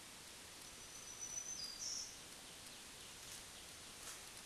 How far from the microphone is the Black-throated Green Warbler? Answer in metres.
about 25 m